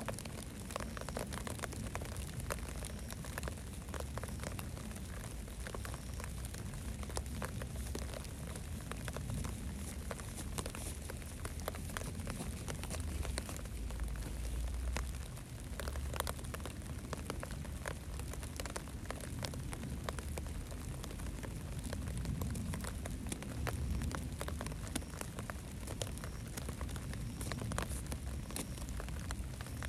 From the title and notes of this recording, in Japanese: 録音のスマホは傘の下に置いておき、隣の畑に苗取りへ。梅雨の小雨の降る夕方。